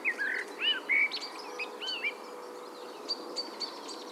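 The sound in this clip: Blackbird song: a run of rich, looping whistled notes in the first two seconds, then softer twittering and high chirps, with a faint bell hum beneath.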